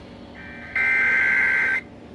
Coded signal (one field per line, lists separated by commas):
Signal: Emergency Alert System (SAME) tones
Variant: header bursts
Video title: MY FIRST FLASH FLOOD EMERGENCY EAS Alerts From 7/19/25 (EAS #146-153)